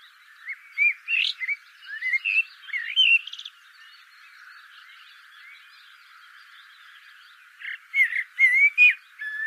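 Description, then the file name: Common blackbird song: two phrases of mellow, warbling whistles separated by about four seconds of quiet, the first ending with thin, high, squeaky notes. "Turdus merula"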